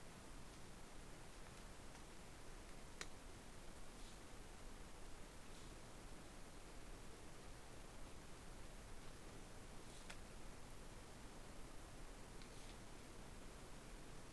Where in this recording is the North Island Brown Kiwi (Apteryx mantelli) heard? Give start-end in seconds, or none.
none